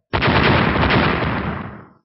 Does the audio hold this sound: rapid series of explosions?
yes